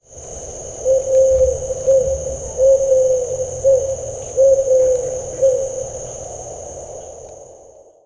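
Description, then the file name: Eurasian eagle-owl calling: a series of six short, mellow hooted notes, some slightly inflected, spaced irregularly over several seconds, with a steady high-pitched sound behind. "uhu"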